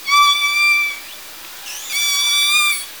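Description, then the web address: Orca calls: two long, steady harmonic tones, the first ending in a brief upward sweep, the second starting with a rising sweep before holding level. Southern Resident killer whale population; call types S17 and S16. "Orca Calls Alwin Audiosamples"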